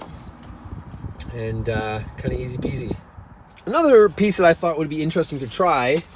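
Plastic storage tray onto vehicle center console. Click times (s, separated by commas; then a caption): 1.2 s. A removable plastic storage tray is pressed back onto a Jeep Wrangler center console and clicks into place with a single sharp hit at 1.2 seconds. Someone talks before and after the click. The tray is seated.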